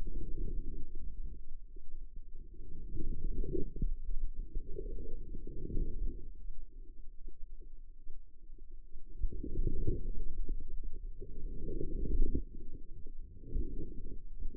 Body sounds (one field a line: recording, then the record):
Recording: forearm muscle sounds (acoustic myography)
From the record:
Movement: outward rotation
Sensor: system 2, bracelet of six BSWA MPA416 microphones around the upper forearm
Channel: 1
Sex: female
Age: 25 years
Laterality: right